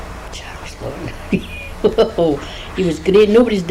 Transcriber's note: laughs